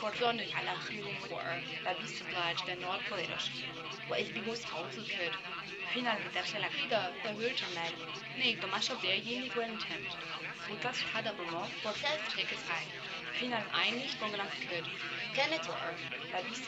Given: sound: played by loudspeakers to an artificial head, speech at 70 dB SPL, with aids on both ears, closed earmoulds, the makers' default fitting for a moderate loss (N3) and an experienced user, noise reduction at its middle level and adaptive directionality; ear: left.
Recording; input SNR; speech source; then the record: speech test signal (ISTS) in cocktail-party noise; 0 dB; in front (0 degrees)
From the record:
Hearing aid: class 1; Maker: F